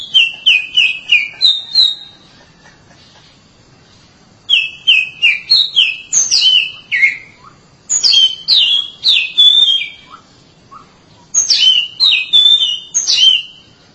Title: Suara Kicauan Burung Kacer